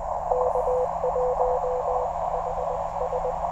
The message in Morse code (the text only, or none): K1HS